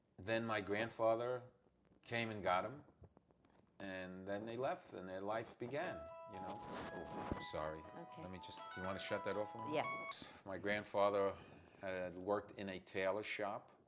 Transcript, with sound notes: Then my grandfather came and got 'em. And then they left and their life began. (cell phone ring) Ya know. Sorry.
OK.
Let me just-want to shut that off for a min-?
Yeah. [break in tape]
My grandfather had worked in a tailor shop.